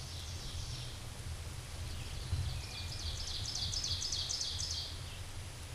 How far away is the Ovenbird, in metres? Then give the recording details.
about 30 m. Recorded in a Pennsylvania forest on 17 May 2023 at 13:14. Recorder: AudioMoth, point grid1_30_low. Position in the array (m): 156 m, 78 m